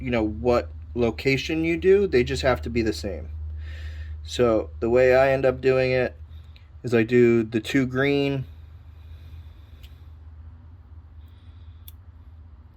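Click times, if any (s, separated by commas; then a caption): 11.9 s. Someone talks while crimped terminal pins on two green wires are pushed into a plastic Deutsch/Weather Pack style connector housing on a PWC wiring harness for a Zeeltronic 62T CDI setup. After the talking stops, a brief, faint click is heard at 11.9 s as a pin locks into the housing, and it is seated.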